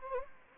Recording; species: mosquito wingbeat signal from an infrared sensor; Anopheles gambiae